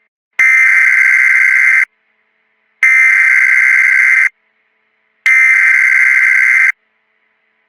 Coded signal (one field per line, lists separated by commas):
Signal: Emergency Alert System (SAME) tones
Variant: header bursts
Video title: EAS_Scenario_the_organism.mp4